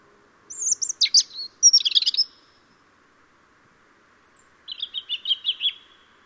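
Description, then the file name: European robin singing two separate phrases of thin, high, varied notes, the first fast and jumbled, the second a shorter tinkling run after a two-second pause; faint steady hiss behind. "Erithacus rubecula"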